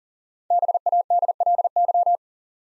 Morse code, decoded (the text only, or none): BADLY